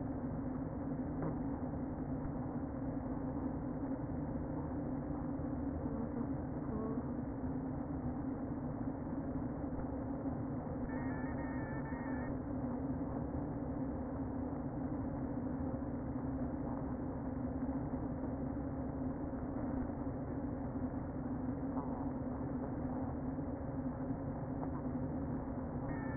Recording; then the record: honeybee colony, microphone inside the hive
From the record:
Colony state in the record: queen present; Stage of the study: before two queens were removed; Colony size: about 60,000 bees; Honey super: yes